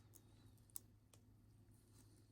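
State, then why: Not seated. During a negative-to-positive LCD mod on a G-Shock GBM-2100RH-1A watch, a small module part with a knob is lined up to the left and pressed toward the plastic watch module. Faint handling ticks sound at about 0.2 s and a sharper tick at 0.8 s over a steady low hum. Nothing has seated or clicked into place yet.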